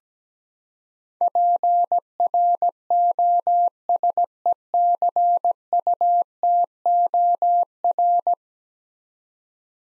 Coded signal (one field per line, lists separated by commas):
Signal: Morse code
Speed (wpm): 17 wpm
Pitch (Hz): 700 Hz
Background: none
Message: PROSECUTOR